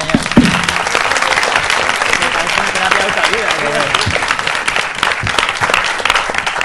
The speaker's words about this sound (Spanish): así que yo la verdad que me gustaría darle un aplauso a todos los que han venido hoy aquí, porque creo que se lo merecen y porque si no fuese por ustedes no existiría Meri, así que por mi parte el aplauso por ustedes, señores.